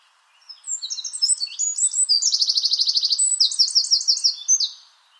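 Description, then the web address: Bird song with high, quick chirps sliding into a fast rattling trill and clear repeated notes, about four seconds of continuous singing. "Bird Only"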